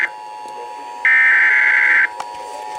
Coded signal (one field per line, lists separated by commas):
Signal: Emergency Alert System (SAME) tones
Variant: header bursts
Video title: More Severe Weather... EAS Alerts from 7/6/21-7/7/21